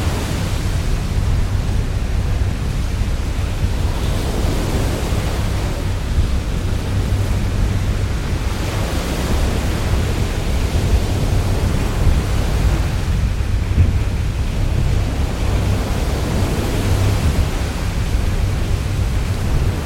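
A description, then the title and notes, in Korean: A storm at sea heard from aboard a steel ship: a dense, constant roar of wind and rain presses against the hull, swelling and easing in broad surges every few seconds. Beneath it, a steady low engine hum drones without pause throughout. 선실에서의 화이트 노이즈, 바람 소리, 비 소리. 견고한 화물선을 타고 험난한 북대서양을 건넙니다. 바람이 시속 70-80노트에 이르고 비가 무자비하게 철제 선체를 때리는 상황에서. 선박이 거대한 파도 속에서 흔들리는 것을 느끼고, 강력한 엔진의 안심시키는 윙윙거리는 소리를 듣습니다.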